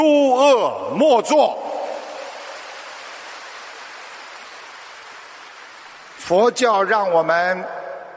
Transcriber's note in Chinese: 掌声